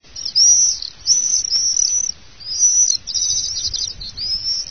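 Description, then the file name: Common swift calls: piercing, rasping high screams in drawn-out bursts, some trilled. "gierzwaluw"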